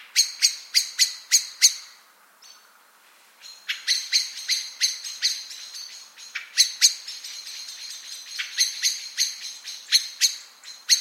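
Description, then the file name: Eurasian blackbird giving sharp, clicking chink calls in rapid bursts, with short pauses between runs; no low sounds beneath. "Turdus merula"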